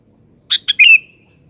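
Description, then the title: Sooty-headed bulbul sings one phrase: two crisp notes, then a drawn-out, warbled whistle tailing away. "Kutilang"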